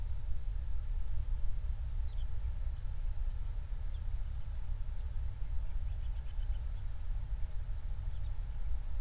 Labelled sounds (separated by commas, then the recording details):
songbird
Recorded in the Prudhoe Bay oil fields, Alaska, on 28 July 2019 at 05:18
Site 25